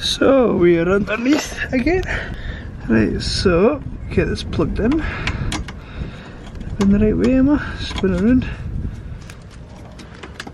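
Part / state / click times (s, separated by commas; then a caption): electrical connector plug into radiator/fan wiring socket / not seated / none. Under an Mk2 SW20 MR2 after a swap to an aluminium radiator, a plastic electrical connector is pushed onto its radiator/fan wiring socket while someone talks. Only brief handling knocks are heard, and the connector does not click in, probably because its locking clip is already broken, so nothing has seated or clicked yet.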